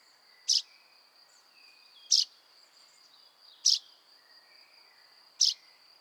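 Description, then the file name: Common chaffinch giving four short, loud, high call notes roughly one and a half seconds apart, over a constant thin high whine. "Fringilla coelebs"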